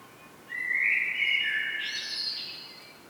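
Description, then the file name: Common blackbird giving one fluty whistled phrase that breaks into a higher, scratchy flourish at the end. "Turdus merula"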